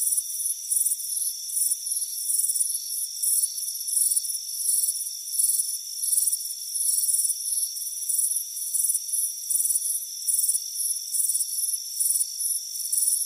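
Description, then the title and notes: Crickets, quick bright chirps repeating about three times a second over a constant high ringing hum. "Soothing Crickets Chirping Sound. It's a warm afternoon as you relax in a hammock on the front porch. Relax and fall asleep to the soothing sound of chirping crickets. Deep Sleep Sounds"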